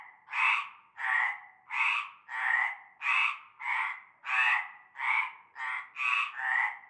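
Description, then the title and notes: Frogs croaking together, grating pulses repeated roughly every three quarters of a second, calls from different animals alternating and overlapping. Frog chorus at nightfall in a large concrete basin holding stagnant greenish water; La Ciotat, Bouches-du-Rhône, Provence, France. "Avenue Cante Coucou, Groupède, La Ciotat, Marseille, Bouches-du-Rhône, Provence-Alpes-Côte d'Azur, France métropolitaine, 13600, France - cœur de grenouilles. Une grande vasque en béton, un fond d'eau verdâtre croupissant. et un cœur de grenouilles dès la nuit tombée"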